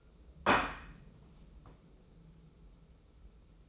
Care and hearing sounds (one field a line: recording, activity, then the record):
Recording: daily activity, microphone in the room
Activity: place plate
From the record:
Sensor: 1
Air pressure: 994.4 hPa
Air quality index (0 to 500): 217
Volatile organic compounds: 1000 ppm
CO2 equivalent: 7746 ppm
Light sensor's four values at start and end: 58/123/57/60 and 60/130/60/63